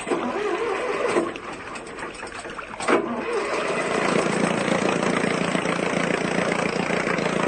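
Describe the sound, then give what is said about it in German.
A boat's engine is started aboard a ship in the harbour of Bonifacio: it cranks with a couple of sharp bursts, then catches and settles into a steady, dense mechanical drone that holds loud and even to the end. “Werfen Sie den Motor an.”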